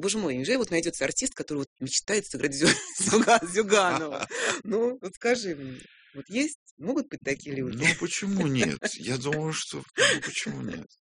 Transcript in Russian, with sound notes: Боже мой, неужели, вот, найдется артист, который, вот, мечтает сыграть Зюганова? (смеются) Ну, вот скажи мне? Вот есть, могут быть такие люди?
Ну почему нет? Я думаю, что почему нет.